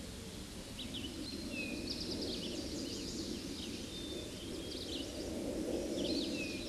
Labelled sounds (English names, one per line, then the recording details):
Eastern Towhee song
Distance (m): 40 m
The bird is about 10 m above the microphone
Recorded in a Pennsylvania forest on 16 May 2024 at 09:46
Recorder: AudioMoth, point MSD-1035
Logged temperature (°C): 16.3 °C
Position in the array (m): 176 m, 124 m